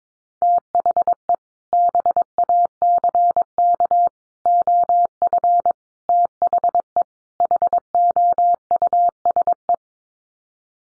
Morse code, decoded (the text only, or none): THE BACK OF THE HOUSE